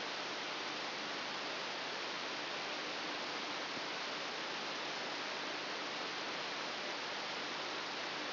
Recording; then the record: brain microelectrode recording played as sound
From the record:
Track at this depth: inside the subthalamic nucleus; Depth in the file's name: 1.606 mm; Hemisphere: right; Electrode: 3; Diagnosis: Parkinson's disease